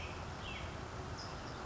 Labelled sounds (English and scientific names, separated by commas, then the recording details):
American Robin (Turdus migratorius)
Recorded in Sonoma County, California